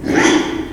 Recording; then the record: squeal of a Yucatan mini pig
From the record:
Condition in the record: after surgery on the right vocal fold (resection and tissue-engineered implant); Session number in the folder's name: 4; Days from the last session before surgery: 42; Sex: male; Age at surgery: 12 weeks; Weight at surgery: 13 kg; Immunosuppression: cyclosporine, prednisolone